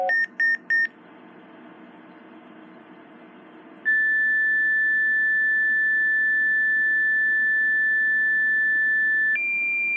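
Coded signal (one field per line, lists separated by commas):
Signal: two-tone page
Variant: Motorola sequential tones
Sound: three quick beeps, pause, then a long steady tone stepping up to a second tone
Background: low background hum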